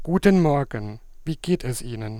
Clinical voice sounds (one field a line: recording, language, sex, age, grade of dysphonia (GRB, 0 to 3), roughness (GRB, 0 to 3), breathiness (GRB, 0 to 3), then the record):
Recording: spoken sentence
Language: German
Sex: male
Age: 30 to 39 years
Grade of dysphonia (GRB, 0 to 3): 3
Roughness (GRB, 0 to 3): 3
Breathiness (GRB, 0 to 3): 3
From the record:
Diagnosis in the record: recurrent laryngeal nerve paralysis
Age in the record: 30 years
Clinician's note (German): Links mit unklarer Genese und hyperfunktioneller Kompensation ; 2. Aufnahme gemacht, beim Drehen des Kopfes nach li, Qualitätsverlust und keine glottale Anregung mehr (kein EGG)